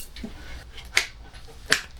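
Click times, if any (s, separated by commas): 1.0 s, 1.7 s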